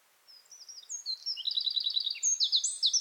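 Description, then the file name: Eurasian wren song: thin high notes lead into a rapid trill, then loud emphatic repeated phrases, all delivered at great speed. "Troglodytes troglodytes"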